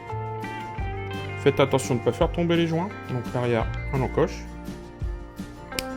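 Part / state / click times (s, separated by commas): cylinder liner into model engine crankcase / seated / 5.8 s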